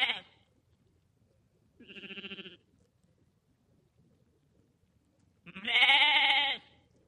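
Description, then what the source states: Sheep bleating: the tail of one bleat, a soft tremulous bleat, then a loud, long wavering bleat after quiet gaps. Lambs.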